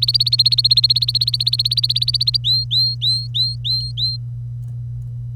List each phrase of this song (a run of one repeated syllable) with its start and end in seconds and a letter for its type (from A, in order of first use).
0.00-2.37 A, 2.44-4.17 B